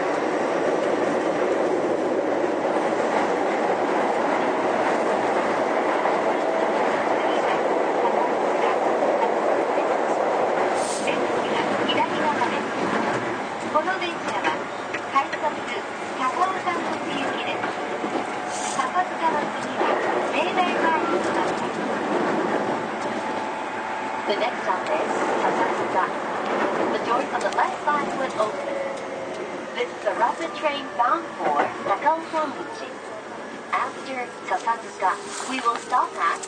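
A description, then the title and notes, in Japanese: A Toei 10-300 series train runs between stations, a steady rumbling whine with rising tones, clicks and sharp bursts near the end. 都営10-300形(3次車) 新線新宿〜高尾山口。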